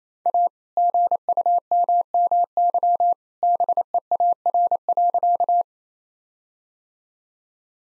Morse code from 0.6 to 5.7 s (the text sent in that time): GUMMY BEAR.